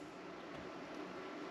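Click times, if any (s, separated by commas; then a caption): none. A small memory card is lined up by its tab and set into the card slot of a Fox Scout 160° wide-angle security camera. Only a steady, even background hiss and hum is heard, with no distinct handling sounds. Nothing has seated or clicked yet.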